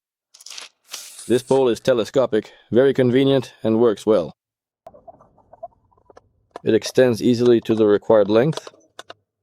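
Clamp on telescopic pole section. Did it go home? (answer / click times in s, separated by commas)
no / none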